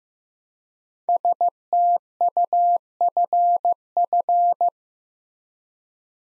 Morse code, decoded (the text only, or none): STUFF